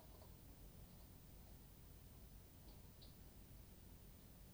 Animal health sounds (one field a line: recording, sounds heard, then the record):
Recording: poultry house recording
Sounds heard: no chicken sound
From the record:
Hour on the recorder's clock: 23